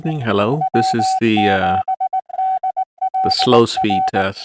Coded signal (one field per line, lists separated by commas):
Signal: Morse code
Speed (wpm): 19 wpm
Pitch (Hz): 750 Hz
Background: speech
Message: W7DLR